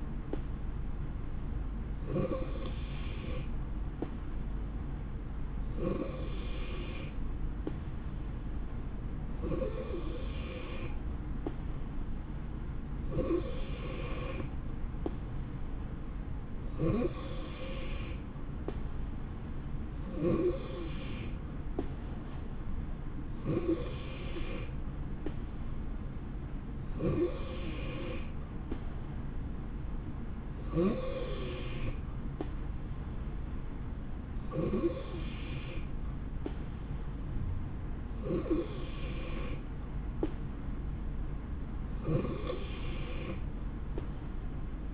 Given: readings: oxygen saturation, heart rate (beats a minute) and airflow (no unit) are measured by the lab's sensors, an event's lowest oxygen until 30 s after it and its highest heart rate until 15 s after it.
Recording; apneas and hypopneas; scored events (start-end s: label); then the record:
breathing in sleep by a smartphone at the bedside; none
none scored
From the record:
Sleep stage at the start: N3 (deep sleep); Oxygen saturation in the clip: 90 to 91%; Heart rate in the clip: 64 to 68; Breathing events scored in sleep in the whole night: 160 in 9.3 hours asleep